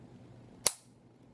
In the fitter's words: Now I'm going to slide this in just with my thumb. Listen for the click.